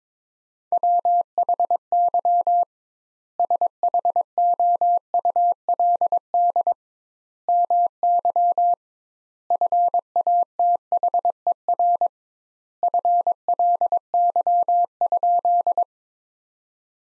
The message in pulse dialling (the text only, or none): none